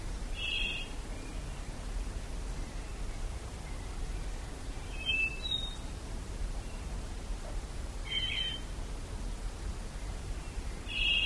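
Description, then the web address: Plumbeous black-tyrant song, brief buzzy bursts repeated every few seconds, one followed by a quick higher tick, against constant low rumble and hiss. "cantos viudiplomi"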